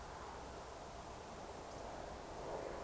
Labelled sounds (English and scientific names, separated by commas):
Eurasian Woodcock (Scolopax rusticola) whistle